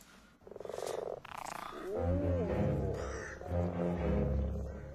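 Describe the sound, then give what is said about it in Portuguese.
A toad croaks in deep, rough, drawn-out bursts, the pitch wavering and swelling over several seconds, loud and alone with no talking. “Olá, vovó Sapo.”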